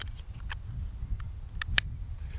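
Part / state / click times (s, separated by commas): plastic mount adaptor into satellite messenger cradle slot / seated / 1.8 s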